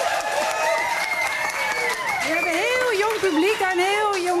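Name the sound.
audience applause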